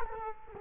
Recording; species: mosquito wingbeat signal from an infrared sensor; Culex quinquefasciatus